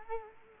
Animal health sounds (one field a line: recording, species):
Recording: mosquito wingbeat signal from an infrared sensor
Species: Culex quinquefasciatus